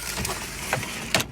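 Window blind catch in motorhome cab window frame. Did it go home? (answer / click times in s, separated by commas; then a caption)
released / 1.1 s. A pleated blind on a motorhome cab side window is pinched and pulled so its catch releases with a sharp click at 1.1 seconds. Softer taps and rustles come before it at 0.2 and 0.7 seconds, and a faint tick follows at 1.4 seconds. The blind comes free and opens.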